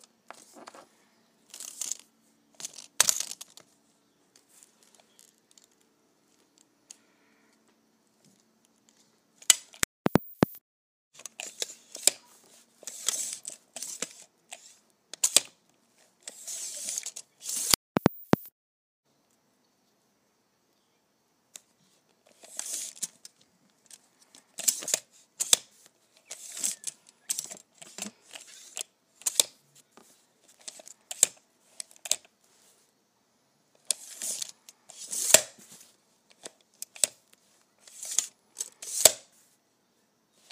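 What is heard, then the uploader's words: A tape measure is pulled out and handled, making bursts of dry, bright rattling and scraping. The activity comes in clusters separated by short silences, with a couple of sharp clicks near ten and eighteen seconds. ASMR Pulling my Tape Measure.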